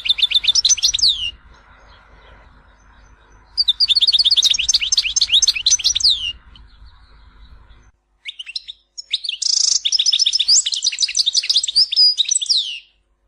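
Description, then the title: European goldfinch singing fast liquid twittering phrases with buzzy notes, three bursts separated by pauses, with a low hum under the first half. "Chant Chardonneret"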